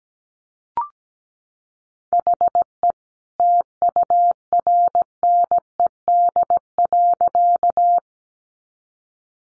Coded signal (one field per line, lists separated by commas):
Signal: Morse code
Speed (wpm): 17 wpm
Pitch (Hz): 700 Hz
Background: none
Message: HE TURNED.